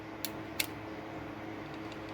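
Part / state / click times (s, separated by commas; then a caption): folding knife blade lock latch in the handle / seated / 0.2 s, 0.6 s. With the spring-loaded steel lock moved out of the way, the blade of a folding knife is opened slowly and the lock latch in the handle snaps into place over a steady background hum. Two sharp clicks are heard at 0.3 s and 0.6 s as the latch engages, and the blade locks into place.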